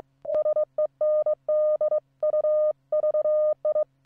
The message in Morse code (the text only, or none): SEND U VI